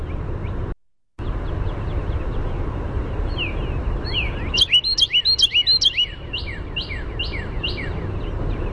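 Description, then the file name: Carolina wren song: a quick run of loud, rolling two-part whistled phrases near the middle, with softer phrases around it and constant low background noise. "CARW song"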